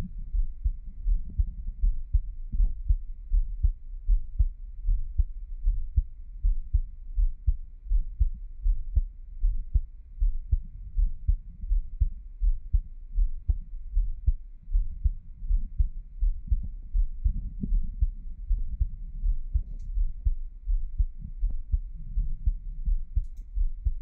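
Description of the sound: An adult's heartbeat, heard up close, with no talking.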